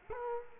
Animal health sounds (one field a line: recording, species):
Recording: mosquito wingbeat signal from an infrared sensor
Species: Culex quinquefasciatus